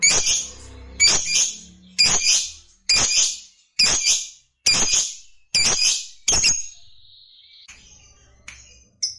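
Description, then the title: Lovebird calling with harsh, piercing screeches repeated about once a second in a steady series, then a thin whistled note and a few faint chirps. Fighter-type lovebird singing energetically (gacor). "Berkat SUARA Lovebird FIGHTER GACOR Ini"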